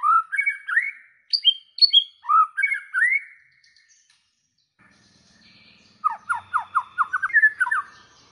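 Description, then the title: White-rumped shama song: whistled rising phrases, a pause, then a quick run of notes. Lure recording of an actively singing (gacor) white-rumped shama, played to make other shamas respond and sing straight away. "PANCINGAN MURAI BATU GACOR"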